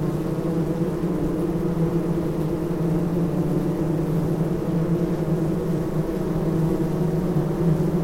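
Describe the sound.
Bees humming as a constant low drone, layered tones holding steady without pause.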